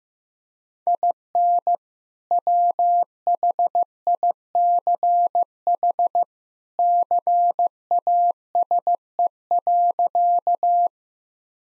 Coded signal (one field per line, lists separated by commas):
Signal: Morse code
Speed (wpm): 15 wpm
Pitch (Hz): 700 Hz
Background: none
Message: IN WHICH CASE.